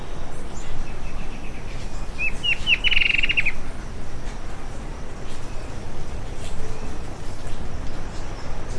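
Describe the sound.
Bird calling with a short rapid series of high chirped notes near the middle, over steady low rumbling background noise.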